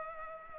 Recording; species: mosquito wingbeat signal from an infrared sensor; Culex pipiens